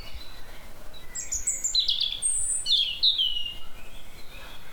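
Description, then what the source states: Birds chirping with high whistled notes and short sliding, downward-falling phrases, several calls in quick succession over a faint, constant background hiss. Recorded in the spring season.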